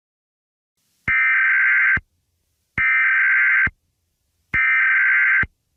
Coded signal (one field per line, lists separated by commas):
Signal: Emergency Alert System (SAME) tones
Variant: header bursts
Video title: EAS Scenario #9: The Masked Man